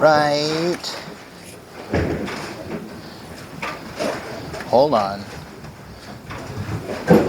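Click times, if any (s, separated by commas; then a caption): none. A component of a Brunswick GSX accelerator motor kit is worked into position by hand on a bowling pinsetter machine, installed the hard way without reading the instructions, while someone talks. Short knocks and handling noises are heard around 2.0 s and 3.6 s. Nothing has seated or clicked into place yet.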